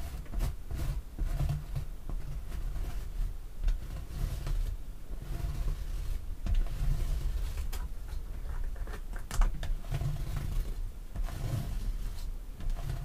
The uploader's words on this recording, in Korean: 인조손톱 태핑. 향수, 뚜껑 등.